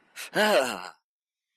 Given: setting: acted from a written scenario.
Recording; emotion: vocal sound without words; negative surprise